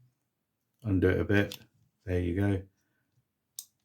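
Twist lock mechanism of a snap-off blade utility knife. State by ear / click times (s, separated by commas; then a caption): seated / 3.6 s. Someone talks while the twist lock on a Stanley Interlock 9mm (0-10-095) snap-off blade utility knife is loosened and then turned back. A single sharp click at 3.6 s marks the locking mechanism snapping into its locked position.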